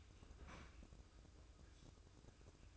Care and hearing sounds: daily activity, microphone in the room; open fridge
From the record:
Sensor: 2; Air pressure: 995.1 hPa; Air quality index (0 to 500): 67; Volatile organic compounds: 2 ppm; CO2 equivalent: 1161 ppm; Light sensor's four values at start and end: 18/57/22/22 and 18/57/22/22

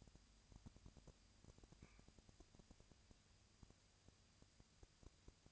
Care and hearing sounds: daily activity, microphone in the room; no activity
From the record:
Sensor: 2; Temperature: 20.3 degrees Celsius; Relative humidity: 37.0%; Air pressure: 998.7 hPa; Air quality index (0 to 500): 236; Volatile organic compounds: 38 ppm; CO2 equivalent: 3116 ppm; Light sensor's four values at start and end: 2/3/2/2 and 2/3/2/2

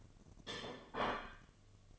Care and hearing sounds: daily activity, microphone in the room; place plate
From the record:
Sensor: 4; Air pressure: 1005.1 hPa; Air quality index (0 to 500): 184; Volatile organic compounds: 5 ppm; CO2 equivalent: 1807 ppm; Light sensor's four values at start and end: 5/12/4/4 and 5/12/4/4

